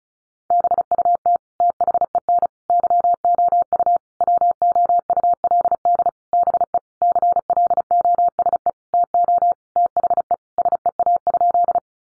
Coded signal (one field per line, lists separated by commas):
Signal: Morse code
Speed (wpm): 34 wpm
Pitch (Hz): 700 Hz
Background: none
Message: BUT THEN YOU WOULD BE CLOSE TO THE SEA?